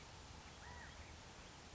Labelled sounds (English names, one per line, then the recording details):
California Quail
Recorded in Sonoma County, California